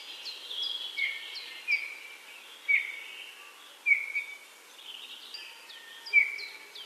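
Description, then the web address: Eurasian bullfinch calls: several clear short whistled notes at irregular intervals, with thin falling high notes behind. "Голоса птиц Снегирь"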